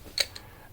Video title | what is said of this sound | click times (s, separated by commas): Code the Cool Way: An Intro to Code Jumper | Here what we're gonna do is we're gonna click it together. We get a click. | 0.2 s, 0.4 s